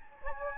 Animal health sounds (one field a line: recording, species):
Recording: mosquito wingbeat signal from an infrared sensor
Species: Anopheles gambiae